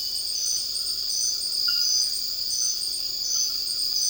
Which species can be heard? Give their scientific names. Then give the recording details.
none. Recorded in dense forest near Puerto Asís, Putumayo, Colombia, on 18 February 2024 at 02:00. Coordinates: 0.481, -76.318. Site G6421